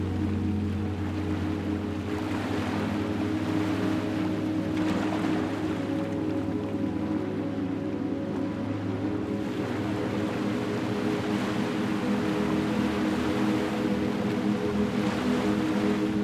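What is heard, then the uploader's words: Waves wash toward the shore in soft surges of hiss that swell and ease every few seconds. Beneath them runs a steady, low droning hum, like a boat engine, that holds constant at an even loudness throughout. Waves Coming To Shore. The gentle lull of waves caressing the shore.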